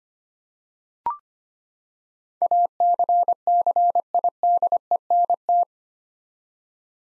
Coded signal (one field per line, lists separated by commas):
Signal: Morse code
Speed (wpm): 25 wpm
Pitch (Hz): 700 Hz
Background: none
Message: ACCIDENT